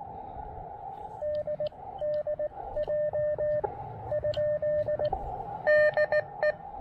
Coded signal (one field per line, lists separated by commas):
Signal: Morse code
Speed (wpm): 18 wpm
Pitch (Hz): 590 Hz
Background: radio noise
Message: D DJ ? DE